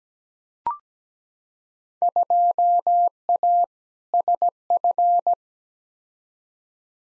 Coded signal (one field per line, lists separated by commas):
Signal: Morse code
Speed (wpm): 17 wpm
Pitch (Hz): 700 Hz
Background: none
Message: 2A SF